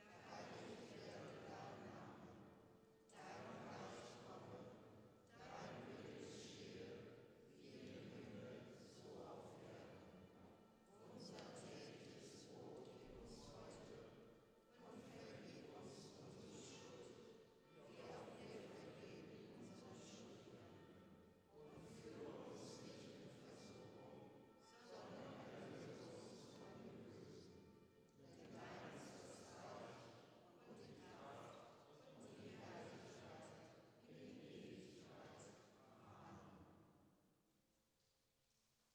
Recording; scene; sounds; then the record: everyday scene through a hearing-aid microphone; reverberant space; speech, bell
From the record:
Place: church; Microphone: in the ear canal, left